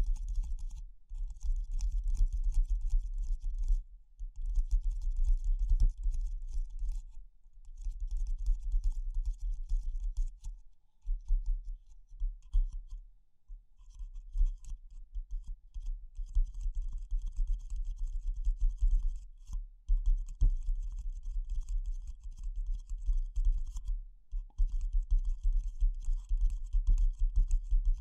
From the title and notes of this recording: ASMR Pure Tapping Fast and Slow (No Talking).